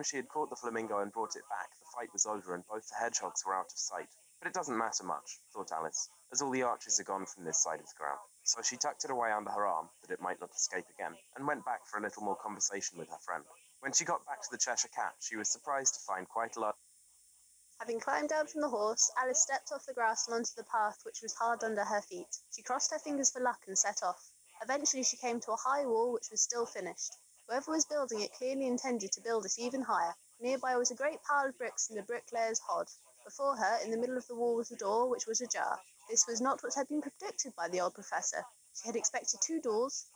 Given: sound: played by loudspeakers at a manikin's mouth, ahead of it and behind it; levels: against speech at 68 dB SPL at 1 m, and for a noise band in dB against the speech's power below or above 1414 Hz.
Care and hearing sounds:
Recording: test signals for a remote microphone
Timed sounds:
0.00-16.70 s: man speaking, babble ahead at +6 dB SNR for speech at 1 m
17.70-40.16 s: woman speaking, babble ahead at +6 dB SNR for speech at 1 m
From the record:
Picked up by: remote microphone C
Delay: 23 ms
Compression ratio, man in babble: 1.37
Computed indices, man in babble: HASPI 0.990, HASQI 0.225 (non-linear 0.266, linear 0.842), ESTOI 0.695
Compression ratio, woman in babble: 1.51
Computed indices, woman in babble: HASPI 0.867, HASQI 0.307 (non-linear 0.358, linear 0.857), ESTOI 0.784

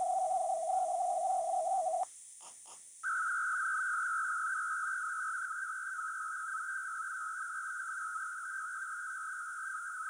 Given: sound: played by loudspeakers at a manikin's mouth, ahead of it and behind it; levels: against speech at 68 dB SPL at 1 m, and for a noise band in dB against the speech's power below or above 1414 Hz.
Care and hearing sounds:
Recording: test signals for a remote microphone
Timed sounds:
0.00-2.03 s: noise band at 707 Hz, as loud as that band is in speech
3.03-10.10 s: noise band at 1414 Hz, as loud as that band is in speech
From the record:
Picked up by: remote microphone C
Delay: 23 ms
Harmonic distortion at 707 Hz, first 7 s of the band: under -32 dB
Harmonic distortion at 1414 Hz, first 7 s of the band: under -40 dB

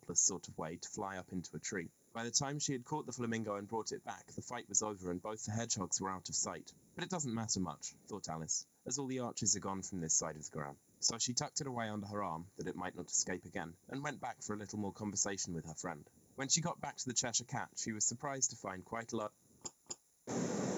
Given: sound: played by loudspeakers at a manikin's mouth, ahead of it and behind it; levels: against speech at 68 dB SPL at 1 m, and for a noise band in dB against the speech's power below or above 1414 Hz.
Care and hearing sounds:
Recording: test signals for a remote microphone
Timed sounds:
0.00-19.27 s: man speaking
19.64 s: click
19.89 s: click
20.27-20.78 s: speech-spectrum noise, -10 dB
From the record:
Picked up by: remote microphone A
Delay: 47 ms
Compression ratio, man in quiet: 8.14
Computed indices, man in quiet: SII 0.991, HASPI 1.000, HASQI 0.503 (non-linear 0.584, linear 0.862), ESTOI 0.841

